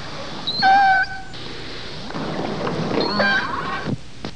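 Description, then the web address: Orca: two harmonic-rich pulsed calls with high overtones, the second longer, over underwater noise. Southern Resident killer whale population; call type S42. "SRKW call-catalog Orca Calls S 42"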